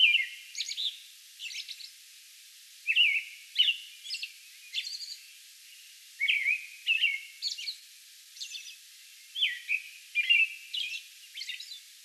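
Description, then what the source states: American robin caroling: clusters of whistled notes separated by pauses, with high squeals mixed in. Song bout recorded on May 11.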